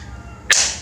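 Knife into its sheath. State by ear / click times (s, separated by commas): seated / 0.5 s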